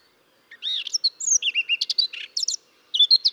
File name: Sylvia atricapilla